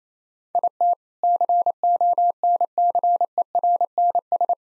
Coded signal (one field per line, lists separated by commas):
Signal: Morse code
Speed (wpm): 27 wpm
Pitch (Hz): 700 Hz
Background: none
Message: IT CONCERNS